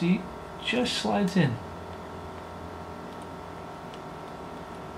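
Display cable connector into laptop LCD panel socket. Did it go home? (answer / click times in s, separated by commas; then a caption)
no / none. The LCD ribbon cable connector is slid gently into its socket on a new LED screen for an Acer Aspire 5742Z laptop as someone talks. A low steady hum continues after the talking. Nothing has seated or clicked yet.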